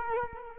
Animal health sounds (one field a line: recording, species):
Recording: mosquito wingbeat signal from an infrared sensor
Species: Culex quinquefasciatus